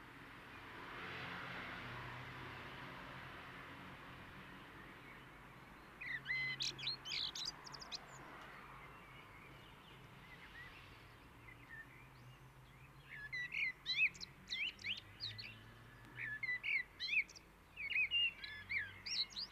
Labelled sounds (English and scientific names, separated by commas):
Common Blackbird (Turdus merula) song